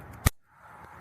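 A part of an exterior door handle for a 2010 (2006–2010) Sonata is pushed into the car door's handle assembly, where it should snap in place. One sharp snap is heard at 0.3 s against a quiet, steady background. The part is seated.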